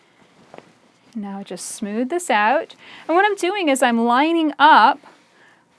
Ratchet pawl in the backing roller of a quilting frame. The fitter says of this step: so I just gave it one little click now